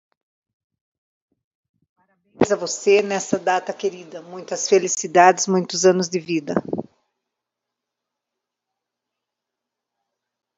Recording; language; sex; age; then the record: short text; Brazilian Portuguese; female; 50 to 59 years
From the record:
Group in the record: control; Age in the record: 53 years